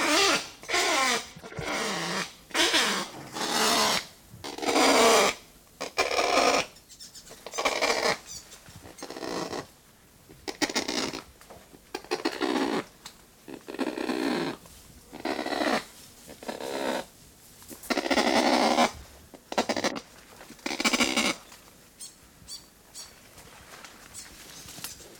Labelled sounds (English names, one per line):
Kākāpō